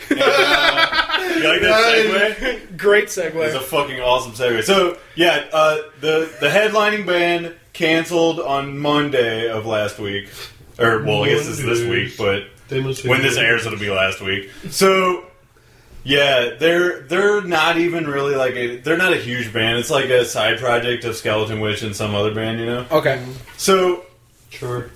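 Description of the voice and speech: An adult man speaks casually and fluently at a relaxed conversational pace, with a few fillers and short pauses and a brief chuckle early on. His voice is clear and mid-pitched, in a small room. This is ordinary, unremarkable speech.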